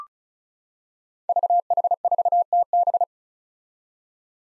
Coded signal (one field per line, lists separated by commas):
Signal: Morse code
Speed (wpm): 36 wpm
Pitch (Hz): 700 Hz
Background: none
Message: VH4TB